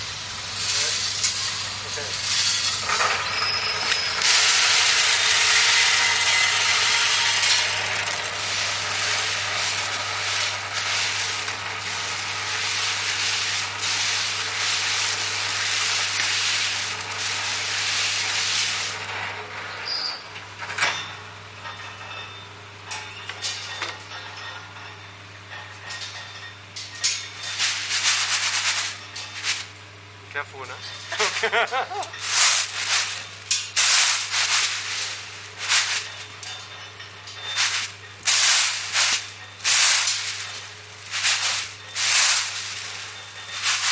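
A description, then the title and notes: Coffee is roasting over a steady low hum. For the first twenty seconds a loud, bright hiss like rushing steam dominates, then it breaks up into uneven bursts and scattered crackling pops that continue to the end. Harvest season of the Pgak’yau (Karen) community. Roasting the coffee he grows.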